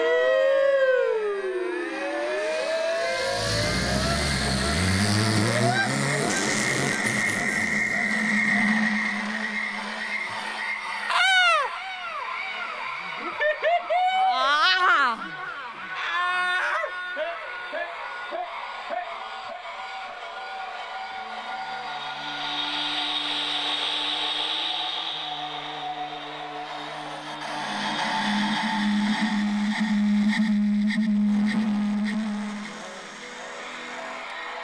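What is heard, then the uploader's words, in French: Echoes pile on echoes until they build into a huge feedback howl. Swooping, wavering tones dominate the first half, with sharp rising and falling whoops around 11 and 15 seconds. From about 22 seconds, steady sustained tones ring out over a low drone, easing slightly near the end. Nous les avons allumé et les réglé sur la fréquence 93.9, de Radio Campus Paris. Comme nous sommes en direct, nous pouvons nous écouter en train de nous écouter, l'écho de l'écho de l'écho engendre alors un mega larser !!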